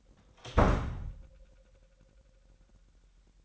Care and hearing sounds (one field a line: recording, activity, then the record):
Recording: daily activity, microphone in the room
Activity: close door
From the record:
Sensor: 3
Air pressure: 998.4 hPa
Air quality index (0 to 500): 141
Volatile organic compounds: 4 ppm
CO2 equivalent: 1687 ppm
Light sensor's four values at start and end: 16/46/18/17 and 16/46/18/17